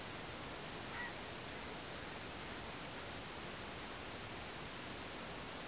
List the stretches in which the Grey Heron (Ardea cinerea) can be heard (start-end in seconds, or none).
0.91-1.11